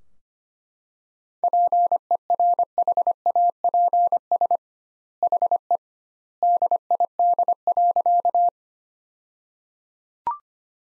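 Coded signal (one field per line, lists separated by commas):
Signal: Morse code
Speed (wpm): 25 wpm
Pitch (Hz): 700 Hz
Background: none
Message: PERHAPS HE DID.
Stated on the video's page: Morse practice sentences built from the 500 most common words, sent at 25 wpm with double word spacing, a word-level analogue of Farnsworth spacing.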